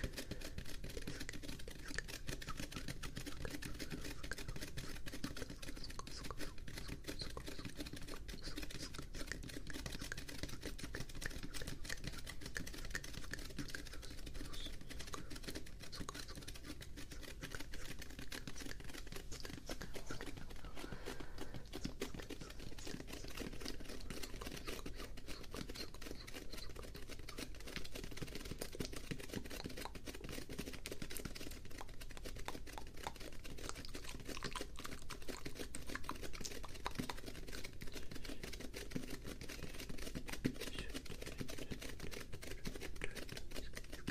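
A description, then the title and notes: Fast, aggressive mouth sounds mix with sticky tapping in a dense, unbroken stream of tiny wet clicks and pops that holds steady throughout. Fast and Aggressive Mouth Sounds and STICKY TAPPING.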